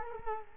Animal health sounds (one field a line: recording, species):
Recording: mosquito wingbeat signal from an infrared sensor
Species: Culex quinquefasciatus